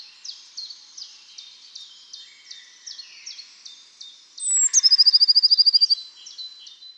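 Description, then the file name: Eurasian blue tit calling with soft repeated high notes, then a loud trill of rapid high-pitched notes after a brief whistle. "Cyanistes caeruleus"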